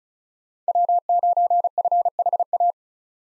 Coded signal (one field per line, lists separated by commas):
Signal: Morse code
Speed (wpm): 34 wpm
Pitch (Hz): 700 Hz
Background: none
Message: W9FHA